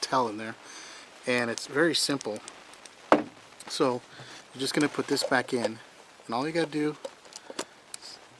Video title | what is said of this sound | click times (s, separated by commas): The Siege Lantern by Streamlight Excellent | push it down, twist, you hear that click, you're good to go. | 7.9 s